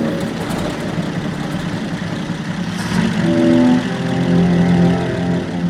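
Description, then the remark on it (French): Engines of Citroën half-track cars rumble and start moving off as a convoy sets out in 1931 on an expedition crossing Central Asia, a steady low drone that swells after a few seconds, with rising tonal whine layered over the growl. “Le cortège s'ébranle en 1931 pour une traversée de l'Asie centrale en voiture auto-chenille sous les couleurs de Citroën.”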